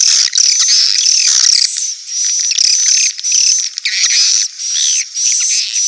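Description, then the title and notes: Swiftlet chattering, loud rattling high chirps and squeaky twitters in uneven bursts over a thin high tone. Sound used for swiftlet farming in Asia. "Swiflet Bird Sound. Farming Swiflet Bird asia sound"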